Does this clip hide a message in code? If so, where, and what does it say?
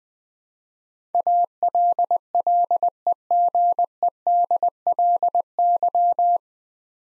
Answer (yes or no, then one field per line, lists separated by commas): yes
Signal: Morse code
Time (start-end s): 1.1-6.4 s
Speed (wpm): 20 wpm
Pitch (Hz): 700 Hz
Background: none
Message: ALLEGEDLY